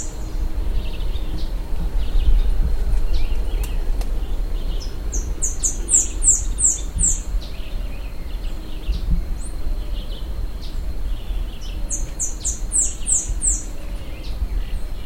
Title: LuckyPassaro Completos2Sama. Saffron-billed Sparrow (Arremon flavirostris)